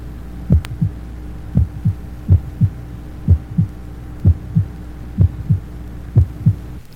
Age 25, normal heart sounds, mitral area.